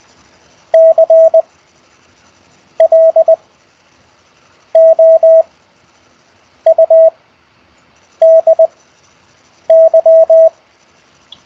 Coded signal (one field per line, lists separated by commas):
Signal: Morse code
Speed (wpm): 20 wpm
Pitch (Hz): 650 Hz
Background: none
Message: CLOUDY